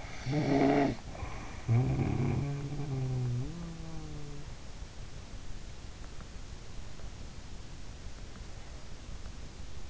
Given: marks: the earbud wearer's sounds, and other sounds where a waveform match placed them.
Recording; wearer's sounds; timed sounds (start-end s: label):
sounds in sleep by an in-ear microphone; snoring breath
0.00-4.58 s: snoring breath